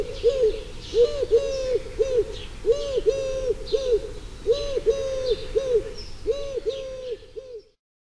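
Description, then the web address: Eurasian collared dove: many short, soft arched coos in quick succession, with small birds chirping at higher pitch throughout. "Tyrkerdue"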